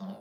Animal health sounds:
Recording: pig call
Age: piglet (1 to 25 days)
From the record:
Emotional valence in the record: negative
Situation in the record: short isolation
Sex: female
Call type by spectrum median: low-frequency call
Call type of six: low-frequency stable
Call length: 0.21 s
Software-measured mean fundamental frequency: 65 Hz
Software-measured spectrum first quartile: 194 Hz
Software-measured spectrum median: 283 Hz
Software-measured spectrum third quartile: 779 Hz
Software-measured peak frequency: 199 Hz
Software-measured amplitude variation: 101 dB a second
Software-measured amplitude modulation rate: 12.0 a second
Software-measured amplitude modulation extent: 8.4 dB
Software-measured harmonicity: 7.6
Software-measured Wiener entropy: -0.61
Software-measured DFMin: 1104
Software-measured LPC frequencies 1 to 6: 2994, 3595, 4524, 6521, 7813, 8950 Hz

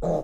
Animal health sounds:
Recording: pig call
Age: piglet (1 to 25 days)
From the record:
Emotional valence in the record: negative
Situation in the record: long isolation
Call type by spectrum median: low-frequency call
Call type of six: low-frequency stable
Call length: 0.24 s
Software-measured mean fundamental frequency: 80 Hz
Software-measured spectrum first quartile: 202 Hz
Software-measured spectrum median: 461 Hz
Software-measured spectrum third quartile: 614 Hz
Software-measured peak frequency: 602 Hz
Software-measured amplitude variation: 124 dB a second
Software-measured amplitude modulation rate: 22.8 a second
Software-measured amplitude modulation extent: 5.4 dB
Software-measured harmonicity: 3.7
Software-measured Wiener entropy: -0.81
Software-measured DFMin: 1922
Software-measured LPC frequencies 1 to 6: 607, 3874, 5097, 6303, 6902, 7556 Hz

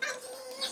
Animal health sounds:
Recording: pig call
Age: piglet (1 to 25 days)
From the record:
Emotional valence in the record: negative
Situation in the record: fighting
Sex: male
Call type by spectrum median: high-frequency call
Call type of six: high-frequency stable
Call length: 0.72 s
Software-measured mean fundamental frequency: 280 Hz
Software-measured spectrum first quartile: 1261 Hz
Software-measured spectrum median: 2687 Hz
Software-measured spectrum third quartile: 4885 Hz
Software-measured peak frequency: 1569 Hz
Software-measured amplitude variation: 129 dB a second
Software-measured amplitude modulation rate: 20.7 a second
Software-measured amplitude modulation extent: 6.2 dB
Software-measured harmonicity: 3.3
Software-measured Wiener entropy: -2.08

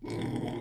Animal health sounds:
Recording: pig call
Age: weaner (32 to 43 days)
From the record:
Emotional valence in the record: negative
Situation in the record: long isolation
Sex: female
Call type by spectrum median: low-frequency call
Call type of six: low-frequency stable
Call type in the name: low-frequency stable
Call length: 0.61 s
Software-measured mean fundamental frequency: 51 Hz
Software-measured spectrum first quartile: 207 Hz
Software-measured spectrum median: 344 Hz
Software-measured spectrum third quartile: 790 Hz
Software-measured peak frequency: 326 Hz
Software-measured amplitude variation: 146 dB a second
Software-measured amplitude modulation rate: 25.4 a second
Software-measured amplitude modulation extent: 5.7 dB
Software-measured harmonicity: -0.8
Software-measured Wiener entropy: -0.84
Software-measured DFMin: 1342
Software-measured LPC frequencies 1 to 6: 2083, 3333, 4365, 5254, 6880, 8031 Hz

